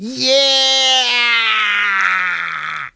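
A single loud peacock cry over a town square, one drawn-out nasal wail lasting about three seconds, its pitch sliding slowly downward before cutting off abruptly, with no voices around it.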